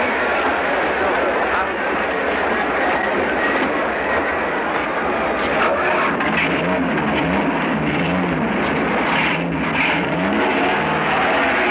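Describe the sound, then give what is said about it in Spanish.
A car engine runs steadily and loudly, rising into a revving, accelerating drone as Johnny drives off from the hotel, continuing without pause, with indistinct voice-like sounds mixed into the noise. “Ve a Johnny, sonríe y levantando su larga pierna se monta en el coche sin abrir la puerta. Sin mirarla y sin esperar que se siente, Johnny arranca.”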